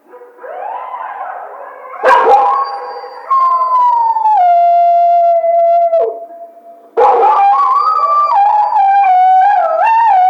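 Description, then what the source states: Coyote howling in a rising and falling sequence, with long held notes, a short break, then a wavering howl that climbs and warbles. Howl; recorded 2010-02-01.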